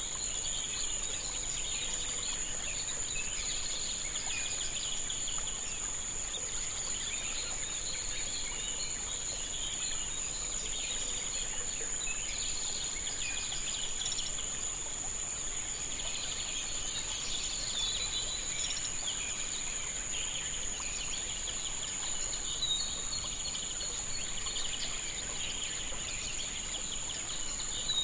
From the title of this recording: Sunrise in Sri Lanka